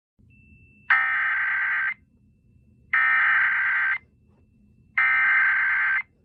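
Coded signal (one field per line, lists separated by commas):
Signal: Emergency Alert System (SAME) tones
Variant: header bursts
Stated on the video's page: Fictional EAS scenario about a 450 mph tornado.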